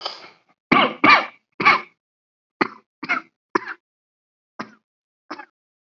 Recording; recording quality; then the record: shallow voluntary cough; excellent, no background noise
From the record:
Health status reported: healthy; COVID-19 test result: not tested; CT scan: not taken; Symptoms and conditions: cough, sore throat, hypertension, diabetes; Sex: male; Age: 59 years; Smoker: no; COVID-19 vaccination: both doses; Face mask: not worn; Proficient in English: yes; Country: India